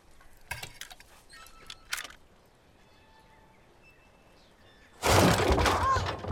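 A few sharp metallic clicks and rattles as a lock is fitted onto a door, followed by a sudden loud, sustained burst of clattering, scraping noise.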